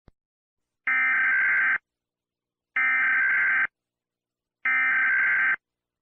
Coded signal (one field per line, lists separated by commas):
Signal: Emergency Alert System (SAME) tones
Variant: header bursts